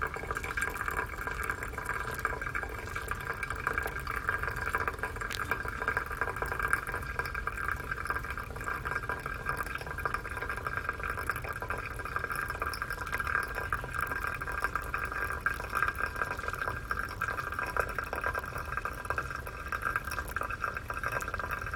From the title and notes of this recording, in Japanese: 今朝は”グアテマラSHB”を焙煎。